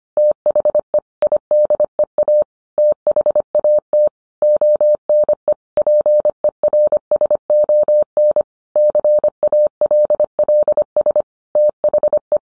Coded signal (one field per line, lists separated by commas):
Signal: Morse code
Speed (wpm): 25 wpm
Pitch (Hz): 600 Hz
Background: none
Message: THE IDEA THAT ONE PERSON CALLS THE